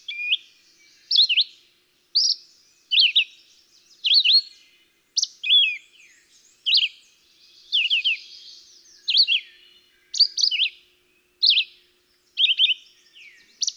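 Red-eyed Vireo song: a persistent run of many short slurred phrases, rising and falling in turn.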